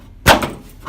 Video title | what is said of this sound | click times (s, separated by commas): Quick latch hood pins for my Rx7 (update on the build!) | into place. Locked | 0.3 s